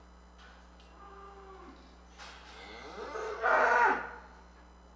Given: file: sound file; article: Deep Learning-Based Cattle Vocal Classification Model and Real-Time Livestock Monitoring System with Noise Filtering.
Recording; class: cattle; normal call